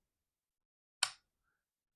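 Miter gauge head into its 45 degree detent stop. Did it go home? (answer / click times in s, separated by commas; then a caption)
yes / 1.0 s. An Enjoy Wood miter gauge head is set back to 45 degrees and nudged over until its positive detent stop engages. After near silence, one sharp, bright click sounds at 1.0 s and fades within about 0.2 s, followed by a faint high tone around 1.5 s. The click confirms the gauge is seated at the correct 45-degree angle, ready to be locked down.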